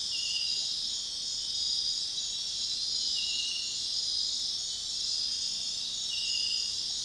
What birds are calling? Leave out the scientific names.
none